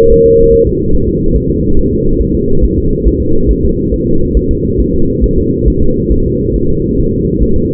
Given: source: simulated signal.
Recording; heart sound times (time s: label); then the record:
fetal heart sounds
0.12 s: S1
0.26 s: S2
0.53 s: S1
0.67 s: S2
0.95 s: S1
1.08 s: S2
1.36 s: S1
1.50 s: S2
1.79 s: S1
1.93 s: S2
2.22 s: S1
2.35 s: S2
2.64 s: S1
2.78 s: S2
3.08 s: S1
3.22 s: S2
3.51 s: S1
3.65 s: S2
3.94 s: S1
4.08 s: S2
4.37 s: S1
4.51 s: S2
4.80 s: S1
4.94 s: S2
5.24 s: S1
5.38 s: S2
5.68 s: S1
5.82 s: S2
6.12 s: S1
6.26 s: S2
6.56 s: S1
6.70 s: S2
7.00 s: S1
7.14 s: S2
7.43 s: S1
7.56 s: S2
From the record:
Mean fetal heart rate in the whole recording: 140 bpm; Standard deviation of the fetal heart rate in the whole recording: 2 bpm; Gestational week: 34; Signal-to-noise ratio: -17.7 dB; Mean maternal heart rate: 72 bpm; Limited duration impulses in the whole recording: present